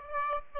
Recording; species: mosquito wingbeat signal from an infrared sensor; Aedes aegypti